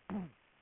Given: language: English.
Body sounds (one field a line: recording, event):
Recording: throat vibration sensor signal played as sound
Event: throat clearing